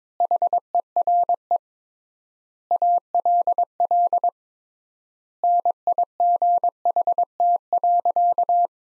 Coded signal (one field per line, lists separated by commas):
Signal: Morse code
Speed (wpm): 22 wpm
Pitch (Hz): 700 Hz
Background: none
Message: HERE ALL NIGHT.